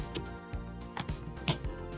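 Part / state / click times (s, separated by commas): motorcycle Bluetooth headset unit onto its helmet clamp mount / seated / 1.5 s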